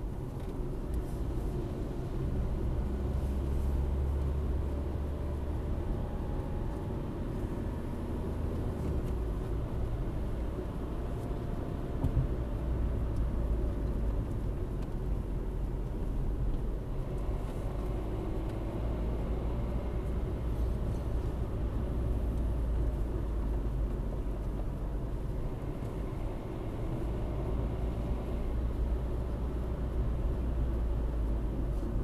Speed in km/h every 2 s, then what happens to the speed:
48, 49, 54, 61, 66, 65, 52, 43, 45, 60, 59, 52, 56, 63, 62, 52.
3-8 speeds up to 66. 10-14 brakes to 43. 14-18 speeds up to 60. 18-23 slows to 52. 23-28 speeds up to 62. 28-32 slows to 52.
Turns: none.